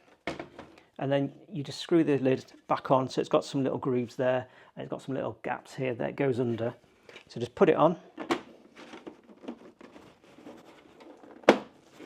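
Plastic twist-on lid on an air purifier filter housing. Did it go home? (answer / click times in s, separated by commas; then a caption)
yes / 11.5 s. A plastic twist-on lid is placed back onto the filter housing of a Shark NeverChange 5 air purifier (HP150 vs HP300), lined up under its grooves and twisted shut. Someone talks over light handling knocks, then a small sharp click at 11.5 s marks the lid seated closed.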